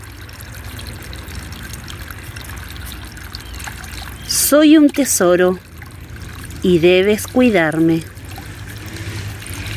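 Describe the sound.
Water trickles and pours in a steady, unbroken wash for the whole stretch, while a voice speaks two short phrases over it midway through.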